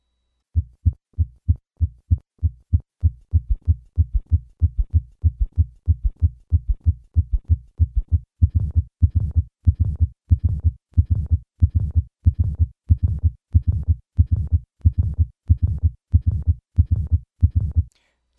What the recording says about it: The auscultatory findings of acute aortic regurgitation at the cardiac apex include a third heart sound as well as a diastolic rumble due to the effect of aortic regurgitation on the mitral valve, the so-called Austin-Flint murmur. Listen to these findings at the cardiac apex. I will start with the soft first heart sound, then the third heart sound, and finally the diastolic rumble.